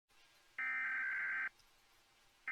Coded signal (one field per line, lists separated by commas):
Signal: Emergency Alert System (SAME) tones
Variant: header bursts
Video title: SCP V11 Containment Breach EAS Scenario Part 1